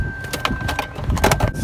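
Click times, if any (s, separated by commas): 0.5 s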